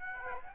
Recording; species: mosquito wingbeat signal from an infrared sensor; Aedes aegypti